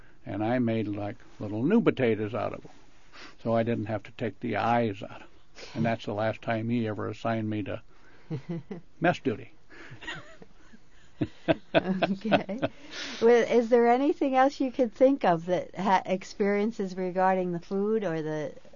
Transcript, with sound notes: And I made like little new potatoes out of them, so I didn't have to take the eyes out of them. And that's the last time he ever assigned me to mess duty. [Laughs]
Okay, is there anything else you can think of, experiences regarding the food, or the--?